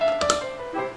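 A plastic lid is set around the top of a gallon drink pitcher and pressed down onto the rim. Two sharp clicks at 0.2 s and 0.3 s mark the lid seating, over a faint steady tonal hum. The lid is seated on the pitcher.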